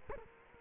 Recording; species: mosquito wingbeat signal from an infrared sensor; Culex quinquefasciatus